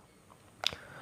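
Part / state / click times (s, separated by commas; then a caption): internal component into gas stove lighter body lock / seated / 0.7 s. An internal part of a gas stove lighter is set straight into its hole and pressed lightly with a screwdriver until it locks into the lock at the end of the lighter body. After quiet handling and a faint tick at 0.3 s, a sharp snap at 0.7 s marks the part seating into the lock.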